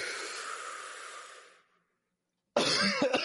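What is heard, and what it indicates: A long, hissy out-breath during a deep-breathing exercise fades into about a second of silence. Then one sudden, loud, explosive cough breaks in, harsh with some voice in it, and it ends mid-burst. It is an ordinary single cough from an adult.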